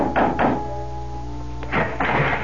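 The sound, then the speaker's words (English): Knocking on the wooden door of the Adams house at dusk: two dull raps, a pause, then another pair of knocks, with a low, steady musical drone humming underneath throughout. “It took me 2 full days and a night to retrace my way along the road, and the coach had brought me, and dusk was beginning to fall when, exhausted, famished, and dirty from the road, I knocked on the door of the Adams house.”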